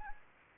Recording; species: mosquito wingbeat signal from an infrared sensor; Anopheles arabiensis